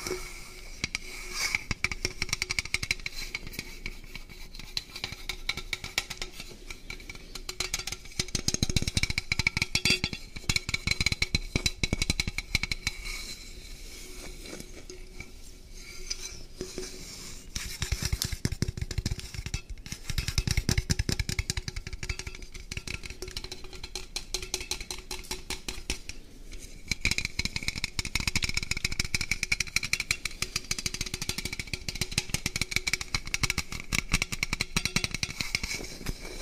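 Someone eats a döner and drinks Coca Cola, with dense, irregular crunching and chewing clicks running throughout. Louder bursts of munching come around 9, 20 and 28 seconds, between quieter stretches. A faint steady tone hums underneath the whole time.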